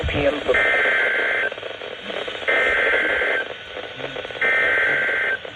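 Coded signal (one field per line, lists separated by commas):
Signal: Emergency Alert System (SAME) tones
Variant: header bursts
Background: speech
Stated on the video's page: Real Severe Thunderstorm Warning received on NOAA Weather Radio transmitter KXI58.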